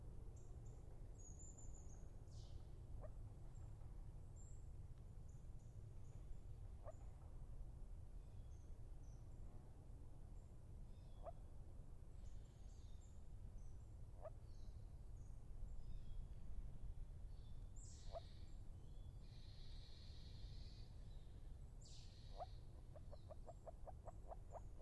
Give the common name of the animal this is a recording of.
Moor Frog